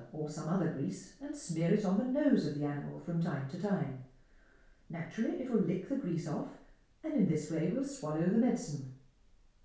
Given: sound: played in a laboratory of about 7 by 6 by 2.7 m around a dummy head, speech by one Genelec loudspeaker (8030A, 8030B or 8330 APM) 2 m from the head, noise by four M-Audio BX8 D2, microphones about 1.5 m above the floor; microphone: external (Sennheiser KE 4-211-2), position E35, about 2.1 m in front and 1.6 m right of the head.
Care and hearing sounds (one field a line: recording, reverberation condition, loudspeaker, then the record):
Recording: female speech in English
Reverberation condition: medium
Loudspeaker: in front (0 degrees)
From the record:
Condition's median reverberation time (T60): about 510 ms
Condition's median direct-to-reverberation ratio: about -0.5 dB